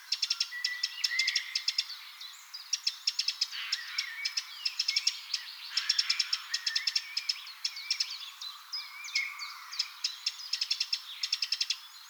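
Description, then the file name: Eurasian wren calls: repeated fast ticking rattles mixed with softer chirps and short whistled notes, continuing steadily throughout. "Troglodytes troglodytes"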